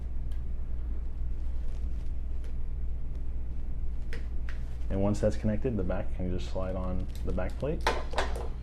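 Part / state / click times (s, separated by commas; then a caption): smart lock rear body onto door-mounted back plate / not seated / none. The rear body of a Hugolog smart lock is handled against the back plate mounted on the door, with faint taps near 0.3 s and 2.4 s and two sharp, brief ticks at about 4.1 s and 4.5 s over a steady low hum. From about 5 s, someone talks. Nothing has seated or snapped into place yet.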